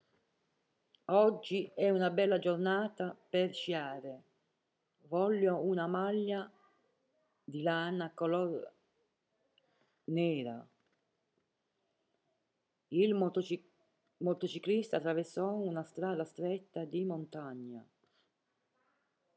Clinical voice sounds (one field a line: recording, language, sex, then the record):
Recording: read phrases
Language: Italian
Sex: female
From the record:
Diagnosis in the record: healthy control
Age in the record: 70 years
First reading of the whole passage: 149 s, 3.0 characters per second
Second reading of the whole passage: 105 s, 4.4 characters per second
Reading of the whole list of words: 65 s, 4.0 characters per second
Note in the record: marked for poor recording quality or reading difficulty